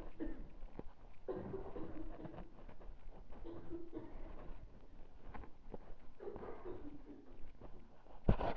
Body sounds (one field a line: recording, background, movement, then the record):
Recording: deep breathing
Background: a bystander coughing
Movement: walking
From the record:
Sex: female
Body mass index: 22.6 kg/m2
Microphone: on the chest, facing the body